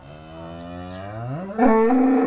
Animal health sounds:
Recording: contact call of a hoofed animal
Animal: cattle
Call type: low-frequency (closed-mouth) or high-frequency (open-mouth) call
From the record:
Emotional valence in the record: negative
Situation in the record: full separation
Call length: 2.3 s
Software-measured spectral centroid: 900 Hz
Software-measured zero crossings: 1090 a second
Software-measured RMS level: -21 dBFS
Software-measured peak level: -5 dBFS

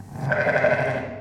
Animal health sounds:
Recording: contact call of a hoofed animal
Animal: sheep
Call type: low-frequency (closed-mouth) or high-frequency (open-mouth) call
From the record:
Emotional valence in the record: negative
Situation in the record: short social isolation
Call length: 1.22 s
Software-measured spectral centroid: 1490 Hz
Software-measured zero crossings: 1690 a second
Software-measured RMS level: -23 dBFS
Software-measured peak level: -6 dBFS

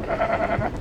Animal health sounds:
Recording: contact call of a hoofed animal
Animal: goat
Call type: low-frequency (closed-mouth) or high-frequency (open-mouth) call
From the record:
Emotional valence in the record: negative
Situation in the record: short social isolation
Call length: 0.81 s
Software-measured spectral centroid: 1310 Hz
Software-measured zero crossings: 1380 a second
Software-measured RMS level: -24 dBFS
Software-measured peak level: -12 dBFS

